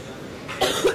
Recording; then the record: coughing mixed with background sound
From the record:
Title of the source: 34 coughing up crap again